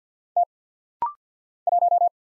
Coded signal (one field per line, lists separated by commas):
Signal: Morse code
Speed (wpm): 50 wpm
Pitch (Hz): 700 Hz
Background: none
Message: T 1